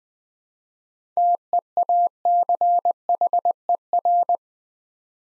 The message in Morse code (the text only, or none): TEACHER